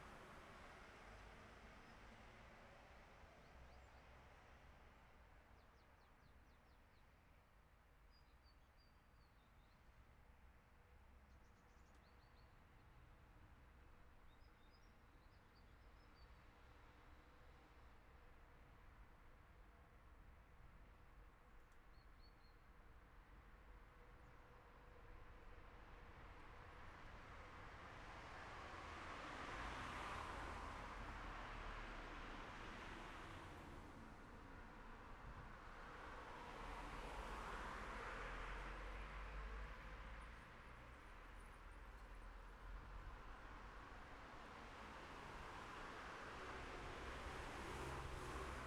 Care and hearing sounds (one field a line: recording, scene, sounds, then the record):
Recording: everyday scene through a hearing-aid microphone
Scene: in traffic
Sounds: traffic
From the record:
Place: city secondary road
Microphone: behind the ear, left, rear